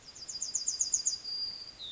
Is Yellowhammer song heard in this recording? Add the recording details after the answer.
yes. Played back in forest. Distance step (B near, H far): E. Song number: 113